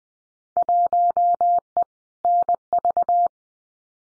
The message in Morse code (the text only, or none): 1E NV